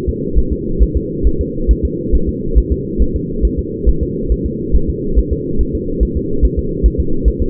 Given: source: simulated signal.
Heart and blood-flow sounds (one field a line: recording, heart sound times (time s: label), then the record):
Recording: fetal heart sounds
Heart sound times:
0.09 s: S2
0.39 s: S1
0.53 s: S2
0.83 s: S1
0.97 s: S2
1.27 s: S1
1.41 s: S2
1.71 s: S1
1.85 s: S2
2.15 s: S1
2.29 s: S2
2.58 s: S1
2.72 s: S2
3.02 s: S1
3.16 s: S2
3.45 s: S1
3.59 s: S2
3.89 s: S1
4.03 s: S2
4.32 s: S1
4.46 s: S2
4.76 s: S1
4.90 s: S2
5.19 s: S1
5.33 s: S2
5.61 s: S1
5.75 s: S2
6.03 s: S1
6.17 s: S2
6.45 s: S1
6.59 s: S2
6.86 s: S1
7.00 s: S2
7.28 s: S1
7.42 s: S2
From the record:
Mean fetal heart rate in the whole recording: 140 bpm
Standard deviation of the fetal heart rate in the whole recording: 2 bpm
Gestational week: 34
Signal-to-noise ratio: -8.1 dB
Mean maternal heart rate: 72 bpm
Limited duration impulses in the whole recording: present